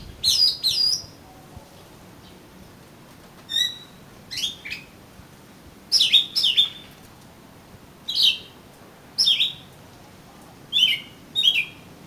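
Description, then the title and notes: Oriental magpie-robin song: sharp, bright whistled phrases in short clusters, separated by brief pauses, many notes dropping in pitch. "suara kacer. kumpulan suara burung kacer"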